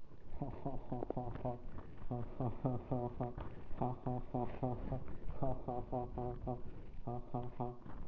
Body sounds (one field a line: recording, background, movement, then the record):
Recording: laughter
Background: quiet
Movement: sitting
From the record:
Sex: male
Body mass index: 23.7 kg/m2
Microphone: on the chest, facing the body